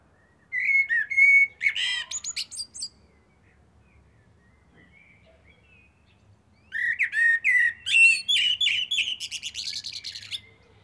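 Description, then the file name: Common blackbird gives two song phrases of low, mellow warbling, each followed by high, scratchy twitters, with a quiet gap between them. "Turdus merula"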